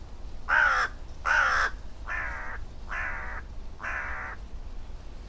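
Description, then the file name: Carrion crow cawing: five harsh, hoarse caws at roughly one-second intervals, the first two louder and rougher than the last three. "Corvus corone"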